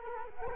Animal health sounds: mosquito wingbeat signal from an infrared sensor; Culex quinquefasciatus

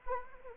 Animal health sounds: mosquito wingbeat signal from an infrared sensor; Anopheles arabiensis

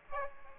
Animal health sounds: mosquito wingbeat signal from an infrared sensor; Aedes aegypti

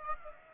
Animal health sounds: mosquito wingbeat signal from an infrared sensor; Aedes aegypti

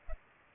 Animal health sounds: mosquito wingbeat signal from an infrared sensor; Culex pipiens

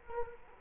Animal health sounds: mosquito wingbeat signal from an infrared sensor; Culex quinquefasciatus

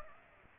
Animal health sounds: mosquito wingbeat signal from an infrared sensor; Aedes aegypti

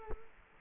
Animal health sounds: mosquito wingbeat signal from an infrared sensor; Culex quinquefasciatus

